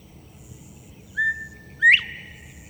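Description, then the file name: Northern bobwhite whistled song, a short level note followed after a pause by a loud, sharply upslurred whistle, over a faint low background rumble. "northern bobwhite 1 song by paul marvin"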